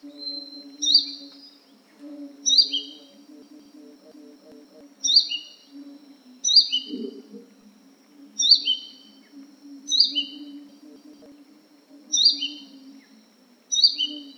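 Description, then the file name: Crimson sunbird calls: high, sharp descending chirps in short bursts, repeated about every two seconds, over a steady low hum. "suara panggilan burung madu matari. omkicau"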